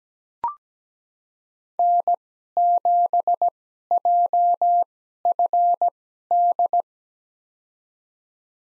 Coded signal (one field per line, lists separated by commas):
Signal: Morse code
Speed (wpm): 17 wpm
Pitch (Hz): 700 Hz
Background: none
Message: N7JFD